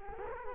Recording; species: mosquito wingbeat signal from an infrared sensor; Culex quinquefasciatus